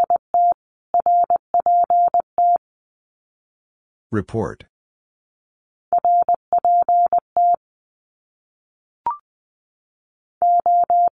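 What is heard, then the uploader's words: Morse code beeps out in a steady mid-pitched tone, short and long pulses grouped into bursts with silent gaps between. Around four seconds a brief rough rustling noise cuts in, and a single faint click sounds near nine seconds before the beeping resumes. Abbreviations Repeated 3x - 20wpm. Morse code.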